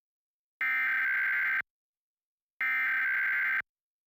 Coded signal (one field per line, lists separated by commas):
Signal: Emergency Alert System (SAME) tones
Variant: header bursts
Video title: KOAA EAS TEST 8_11_2021